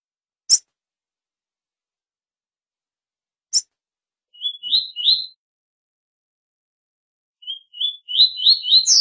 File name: canto do coleiro tui tui curto cibra